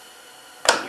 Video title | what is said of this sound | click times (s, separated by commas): NP231J re-assembly / rebuild part 4 | press it into that seal BAM hear that snap you know it's sealed | 0.7 s